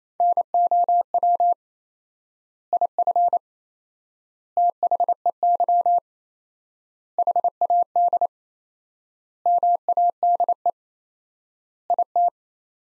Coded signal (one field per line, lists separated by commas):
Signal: Morse code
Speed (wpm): 28 wpm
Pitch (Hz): 700 Hz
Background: none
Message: NOW IF THEY HAD MADE IT